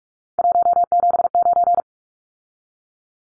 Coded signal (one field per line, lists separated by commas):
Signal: Morse code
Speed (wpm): 44 wpm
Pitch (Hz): 700 Hz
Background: none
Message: 179